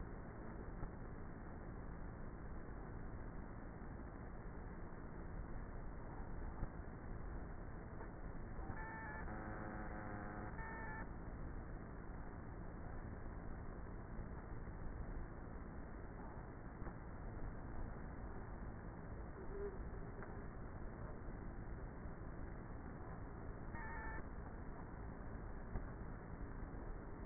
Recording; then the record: honeybee colony, microphone inside the hive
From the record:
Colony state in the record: queenless with a low population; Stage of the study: before two queens were removed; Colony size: about 30,000 bees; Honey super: no